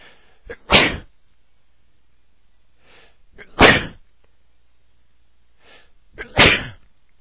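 Three sharp sneezes from an adult male, imitated, each with a brief inward breath before the burst, about three seconds apart; a sound effect.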